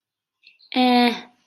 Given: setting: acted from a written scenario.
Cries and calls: vocal sound without words; neutral

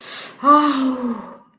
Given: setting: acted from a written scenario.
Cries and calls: vocal sound without words; pain

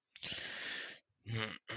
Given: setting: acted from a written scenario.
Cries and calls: vocal sound without words; shame

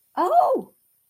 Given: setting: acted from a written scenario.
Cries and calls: vocal sound without words; positive surprise

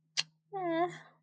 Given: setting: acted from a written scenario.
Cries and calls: vocal sound without words; sympathy

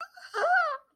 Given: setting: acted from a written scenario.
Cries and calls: vocal sound without words; fear

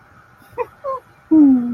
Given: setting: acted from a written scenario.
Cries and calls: vocal sound without words; amusement

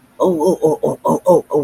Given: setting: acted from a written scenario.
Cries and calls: vocal sound without words; pain

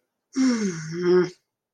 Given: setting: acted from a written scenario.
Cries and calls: vocal sound without words; guilt

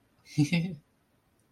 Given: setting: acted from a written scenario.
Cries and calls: vocal sound without words; amusement

